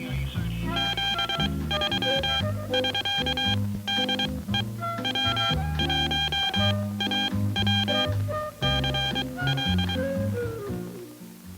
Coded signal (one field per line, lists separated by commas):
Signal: Morse code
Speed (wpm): 23 wpm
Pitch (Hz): 800 Hz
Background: music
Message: 73<SK>DE W1AW CL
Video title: "THE HAM'S WIDE WORLD" 1960s AMERICAN RADIO RELAY LEAGUE HAM PROMO FILM BARRY GOLDWATER 15205